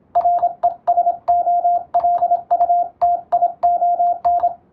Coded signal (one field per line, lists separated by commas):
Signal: Morse code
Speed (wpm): 26 wpm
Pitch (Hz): 700 Hz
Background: radio noise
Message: RESOLUTION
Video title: モールス通信の国家資格「無線通信士」があります。モールスを送信、受信する実技試験が今でもあります。その練習風景です。YouTubeの再生速度を設定して聞こう！ morse code practice